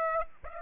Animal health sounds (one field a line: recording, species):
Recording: mosquito wingbeat signal from an infrared sensor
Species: Aedes aegypti